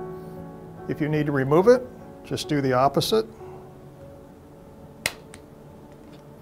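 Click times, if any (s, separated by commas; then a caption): 5.1 s. A battery pack is unlatched and released from the back of the headband of an IRIDEX TruFocus LIO Premiere laser indirect ophthalmoscope by reversing how it was attached. Someone talks, then a sharp snap is heard at 5.1 s as the pack comes off.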